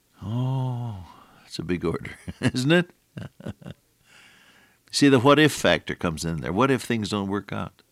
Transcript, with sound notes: Oh, that’s a big order, isn’t it? [chuckle] See the “what if” factor comes in there. What if things don’t work out?